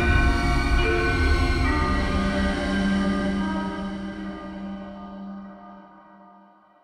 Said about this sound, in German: Mittwoch, 30. April 2008, 10 Uhr, Bahnhof Bad Harzburg.